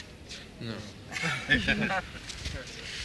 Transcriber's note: laughter